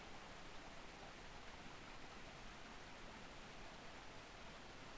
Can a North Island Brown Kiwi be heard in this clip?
no